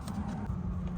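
A driver airbag module is being handled and pushed into an aftermarket steering wheel on a Mustang S550, where its two retaining clips are meant to latch. A steady low rumble and faint handling noise fill the second, with one brief soft transient near 0.1 s. Nothing has seated or clicked yet.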